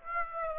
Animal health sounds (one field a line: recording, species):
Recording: mosquito wingbeat signal from an infrared sensor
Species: Aedes aegypti